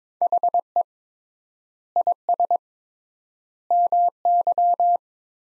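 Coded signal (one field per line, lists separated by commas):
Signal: Morse code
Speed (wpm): 22 wpm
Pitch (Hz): 700 Hz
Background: none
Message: HE IS MY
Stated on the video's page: Computer-generated practice sentences from the top 300 words at 22 wpm with 3x word spacing, a Farnsworth-like method applied to words.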